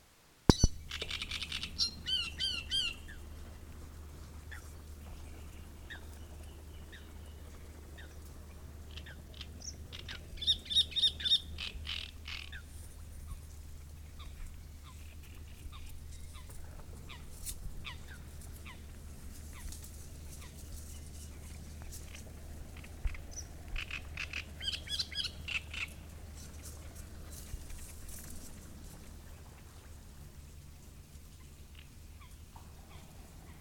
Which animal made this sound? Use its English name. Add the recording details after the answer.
Great Reed Warbler. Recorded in the wild. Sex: male. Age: adult. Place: Müggelsee, Berlin, DE. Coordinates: 52.43, 13.64. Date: 1990-05-04 16:45. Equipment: Uher 4400 Report Monitor, Sennheiser ME 80, K 30 AV. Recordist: Fischer, Stefan